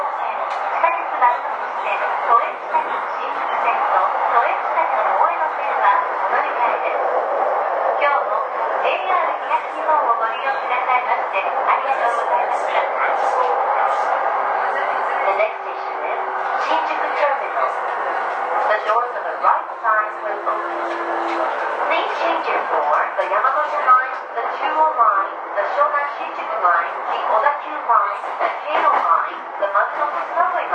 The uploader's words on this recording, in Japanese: JRE233系 武蔵浦和〜新宿。埼京線の走行音です。ICレコーダーで録音しました。編成は10両編成（大宮・川越寄り先頭車が1号車）で、動力車比率は他の通勤路線のE233系と同じ6M4Tとなっている。